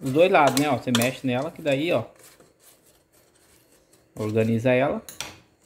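Someone talks while stirring potatoes in an Arno air fryer basket, with soft utensil and metal clatter in the quieter stretch between about 2 and 4 seconds. The fryer basket drawer is handled but has not yet been slid back into the air fryer housing, so nothing has seated or clicked yet.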